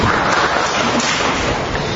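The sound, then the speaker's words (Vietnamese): An audience claps together in a dense, steady burst of applause for a woman during a sermon, holding at an even loudness for about two seconds, with no voices over it. “Chúng ta cho cô ấy một tràng pháo tay cho tỉnh táo lên coi nè.”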